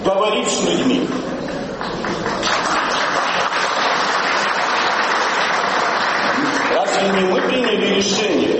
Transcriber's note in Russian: Аплодисменты